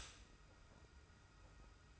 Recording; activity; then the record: daily activity, microphone in the room; stop toaster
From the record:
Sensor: 2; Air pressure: 991.5 hPa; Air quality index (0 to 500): 188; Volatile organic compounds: 1000 ppm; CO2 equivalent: 6136 ppm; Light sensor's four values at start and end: 31/95/37/35 and 31/95/37/35